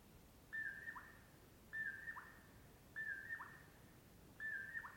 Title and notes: Colockum Wildlife, dawn. I like to think of Poorwills as the alarm clocks of the scrublands: I always hear them first